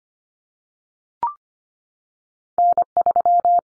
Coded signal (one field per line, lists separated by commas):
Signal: Morse code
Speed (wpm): 25 wpm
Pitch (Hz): 700 Hz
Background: none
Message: N3